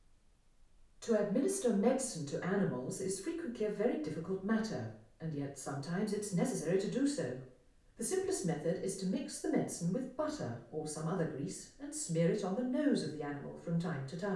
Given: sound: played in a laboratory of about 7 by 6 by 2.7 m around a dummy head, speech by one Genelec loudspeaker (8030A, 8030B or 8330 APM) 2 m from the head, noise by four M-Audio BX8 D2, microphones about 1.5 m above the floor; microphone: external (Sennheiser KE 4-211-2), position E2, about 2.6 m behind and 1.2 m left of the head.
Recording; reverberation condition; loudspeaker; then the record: female speech in English; medium; 90 degrees to the right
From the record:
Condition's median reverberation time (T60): about 510 ms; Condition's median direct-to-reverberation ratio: about -0.5 dB